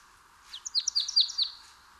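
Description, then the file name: Marsh tit calling: a quick series of high, sharp, downslurred notes, several in under a second, over a faint low hum. "Poecile palustris"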